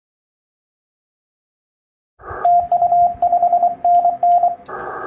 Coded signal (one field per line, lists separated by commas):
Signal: Morse code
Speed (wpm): 28 wpm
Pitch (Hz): 700 Hz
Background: none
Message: TU 5NN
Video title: Jangan takut salah saat komunikasi kode morse